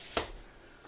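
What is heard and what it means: A collapsible buttstock is pushed up the buffer tube of a PSA Stealth AR lower until it locks. A single sharp click at 0.2 s marks the stock seating in the fully collapsed position, followed by quiet with a faint tap near the end.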